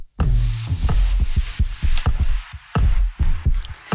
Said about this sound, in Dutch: Dit is de hartslag van Edwin Evers.